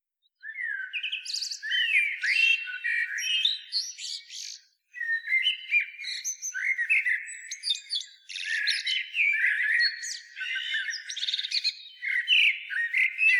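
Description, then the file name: Eurasian blackbird singing, a busy stream of whistled phrases mixed with high, scratchy twitters and chirps, with one short pause. "Turdus merula"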